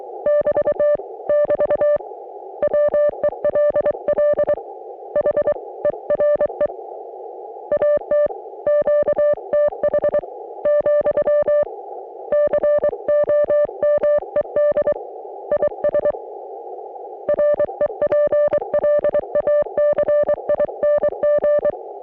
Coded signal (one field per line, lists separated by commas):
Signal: Morse code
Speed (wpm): 22 wpm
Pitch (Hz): 560 Hz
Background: none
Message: <BT> <BT> WELL HERE AT QTH , COMED IS REPLACING